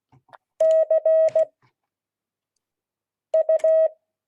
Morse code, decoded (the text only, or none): CU